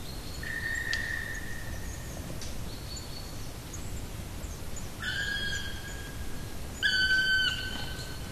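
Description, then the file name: Black woodpecker calls: a fainter drawn-out note first, then two louder, ringing calls close together. "patrick franke-schwarzspecht-black woodpecker-dryocopus martius"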